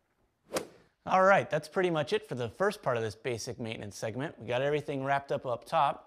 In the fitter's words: and when you hear it click, you're set.